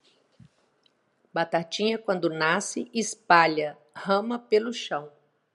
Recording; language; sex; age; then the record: short text; Brazilian Portuguese; female; 50 to 59 years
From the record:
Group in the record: control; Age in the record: 52 years